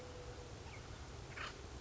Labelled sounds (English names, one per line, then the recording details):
Acorn Woodpecker
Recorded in Sonoma County, California